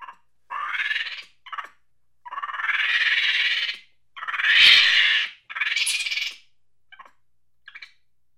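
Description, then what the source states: Monkey chattering angrily: harsh, buzzy bursts of up to about a second and a half, broken by short sharp chirps and pauses, the loudest burst near the middle. Angry chattering.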